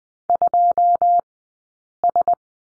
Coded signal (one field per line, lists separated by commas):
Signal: Morse code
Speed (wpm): 20 wpm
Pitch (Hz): 700 Hz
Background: none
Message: 2S